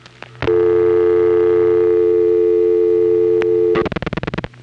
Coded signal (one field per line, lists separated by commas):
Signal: telephone call progress tone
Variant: North America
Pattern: dial tone